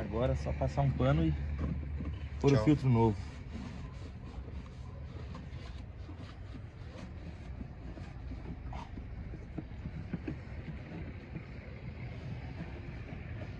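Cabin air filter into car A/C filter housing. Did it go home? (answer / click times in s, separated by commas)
no / none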